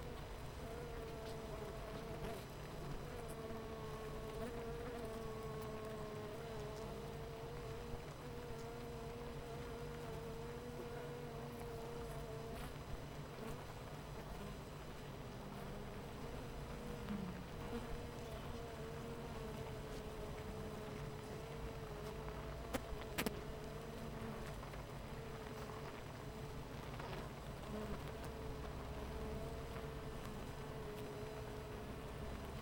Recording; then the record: honeybee colony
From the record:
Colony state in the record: missing queen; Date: 14 July 2017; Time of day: 8:43